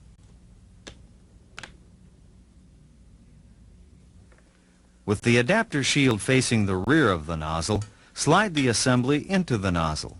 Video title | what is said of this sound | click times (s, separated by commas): KIRBY - G3 uputstvo | and will click into place when fully seated | 1.6 s